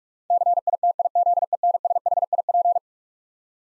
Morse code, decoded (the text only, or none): CITIZENSHIP